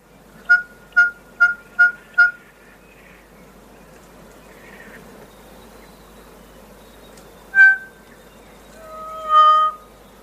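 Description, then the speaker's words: Kokako song: five clear notes on one pitch about every half second, then a long pause, a single matching note and a longer held tone, over a quiet hiss. Played on radio so listeners can recognise kokako song; kokako notes described as haunting, organ-like or flute-like. "Let's have a listen to the kokako song"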